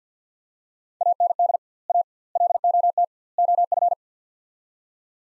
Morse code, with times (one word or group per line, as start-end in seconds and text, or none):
1.0-1.6 AND
1.9-2.0 A
2.4-3.0 LOT
3.4-3.9 OF